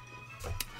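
The linked, swiveling plastic parts on a 2020 Vintage Collection Slave I toy spaceship are turned against each other with a low rustle of handling. At 0.6 s a sharp, bright click sounds as the parts lock into place.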